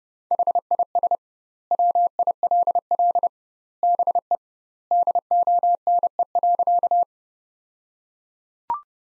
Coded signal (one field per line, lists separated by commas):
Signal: Morse code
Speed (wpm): 32 wpm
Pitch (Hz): 700 Hz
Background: none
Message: HIS WILL BE DONE.